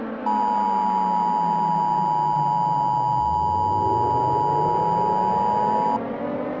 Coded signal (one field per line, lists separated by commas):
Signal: Emergency Alert System (SAME) tones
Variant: 853 and 960 Hz attention tone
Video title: EAS Scenario 1: Slenderman Ramage